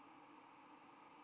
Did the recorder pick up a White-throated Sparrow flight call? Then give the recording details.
yes. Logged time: 07:10 on 10 November 2014